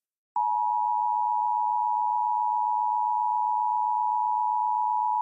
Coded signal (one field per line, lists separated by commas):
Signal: Emergency Alert System (SAME) tones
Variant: 853 and 960 Hz attention tone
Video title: Tests To Cap Off July (EAS #21077-21107) 7/31/24